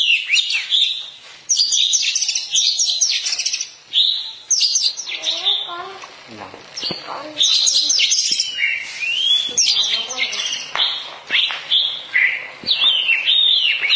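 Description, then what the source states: Oriental magpie-robin song: a long, varied run of loud whistles, sweeping notes and scratchy chatter, mostly high-pitched, with barely a pause throughout. Long-duration song.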